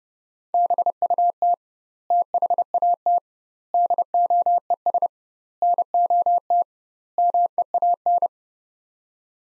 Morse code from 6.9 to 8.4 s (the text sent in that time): MEAN